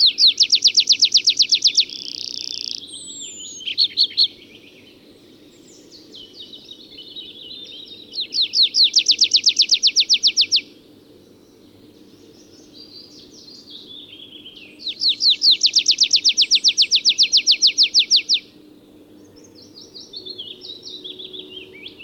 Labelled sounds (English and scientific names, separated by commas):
Tree Pipit (Anthus trivialis) song